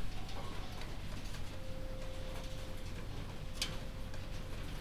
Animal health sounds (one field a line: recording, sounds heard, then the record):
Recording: poultry house recording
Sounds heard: healthy chickens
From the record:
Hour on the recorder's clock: 21